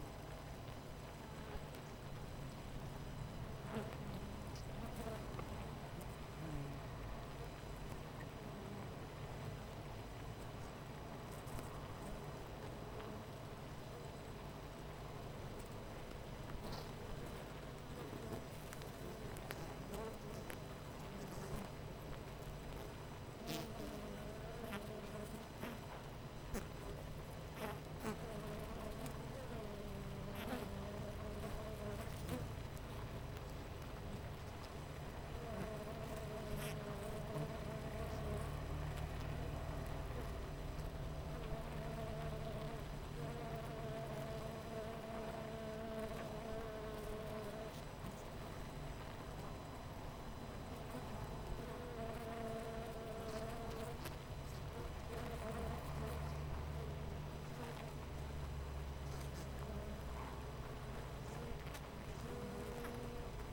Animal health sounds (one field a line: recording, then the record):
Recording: honeybee colony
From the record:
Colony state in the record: missing queen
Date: 14 July 2017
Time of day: 8:42